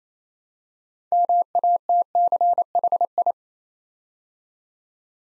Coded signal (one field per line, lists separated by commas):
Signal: Morse code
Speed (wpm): 27 wpm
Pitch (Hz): 700 Hz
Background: none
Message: MATCHI